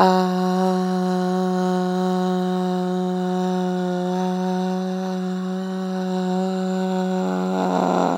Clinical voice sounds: sustained vowel /a/; female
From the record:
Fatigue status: no fatigue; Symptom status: symptomatic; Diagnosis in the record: COVID-19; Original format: m4a

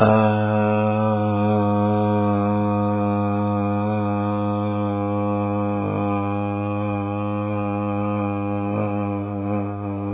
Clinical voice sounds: sustained vowel /a/; male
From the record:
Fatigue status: fatigue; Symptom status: symptomatic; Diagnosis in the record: COVID-19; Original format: 3gp

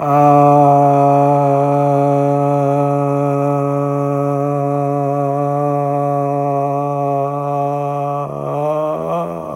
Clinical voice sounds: sustained vowel /a/; male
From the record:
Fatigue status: no fatigue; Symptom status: asymptomatic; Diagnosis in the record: COVID-19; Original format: m4a

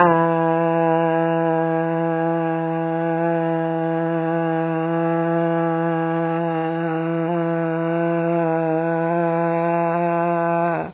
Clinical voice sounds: sustained vowel /a/; female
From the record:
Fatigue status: fatigue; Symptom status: symptomatic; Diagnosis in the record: COVID-19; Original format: 3gp

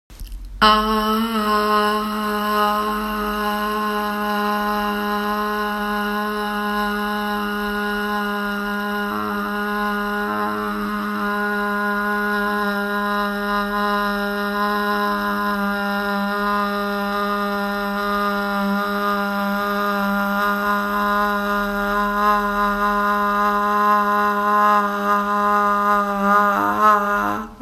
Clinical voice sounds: sustained vowel /a/; female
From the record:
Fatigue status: no fatigue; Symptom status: asymptomatic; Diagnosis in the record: COVID-19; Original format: m4a

